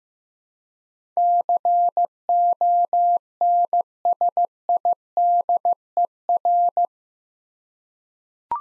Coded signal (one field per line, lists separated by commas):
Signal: Morse code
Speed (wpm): 15 wpm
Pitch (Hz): 700 Hz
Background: none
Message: CONSIDER